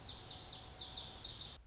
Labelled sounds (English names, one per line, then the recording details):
Lazuli Bunting
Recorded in Sonoma County, California